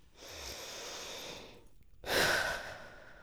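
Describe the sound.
Llama sighing, a long soft breathy exhalation followed after a brief pause by a stronger, rougher puff of breath that fades away.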